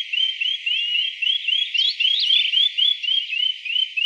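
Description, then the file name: Greater pewee calls: short rising whistled notes repeated about four times a second in a steady series, with a few sharper slurred notes overlapping midway. Recorded in Arizona; filed among flycatchers. "GRPE 2 deviche"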